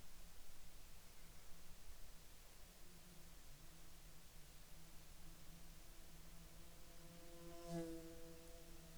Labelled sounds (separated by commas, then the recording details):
insects
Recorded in the Arctic National Wildlife Refuge, Alaska, on 18 June 2019 at 13:00
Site 43